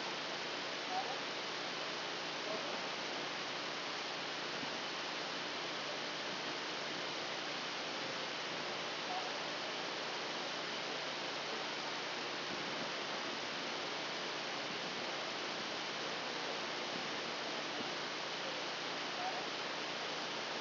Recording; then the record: brain microelectrode recording played as sound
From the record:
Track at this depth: outside the subthalamic nucleus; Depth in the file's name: 1.313 mm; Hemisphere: left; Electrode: 2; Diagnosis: Parkinson's disease